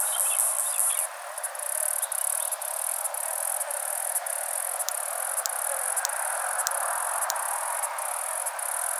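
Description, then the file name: Katydid mimicry: sharp clicks at irregular intervals over a continuous very high, hissing buzz, with faint chirps early on. Mimicry call imitating cicadas. "Chlorobalius leucoviridis mimicry"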